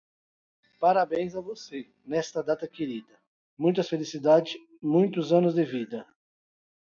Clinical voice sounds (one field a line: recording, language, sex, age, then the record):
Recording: short text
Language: Brazilian Portuguese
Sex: male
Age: 40 to 49 years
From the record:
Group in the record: control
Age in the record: 42 years